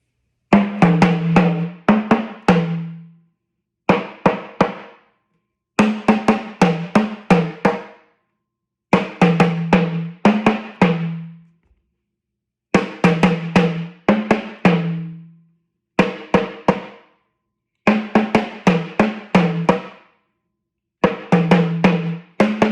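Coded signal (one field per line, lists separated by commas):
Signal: talking drum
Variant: Yoruba sakara drum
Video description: Playing "Toun t’Erin ni o lọ" with the Yoruba Orunsha Sakara talking drum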